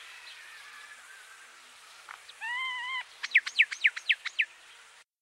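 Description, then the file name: Common myna calls: a steady nasal wavering tone held about half a second, then a fast series of sharp, sweeping chattering notes. "Indian Myna"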